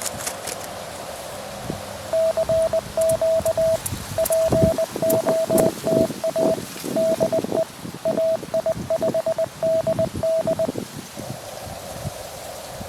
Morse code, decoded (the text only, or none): CQ POTA DE AI5DD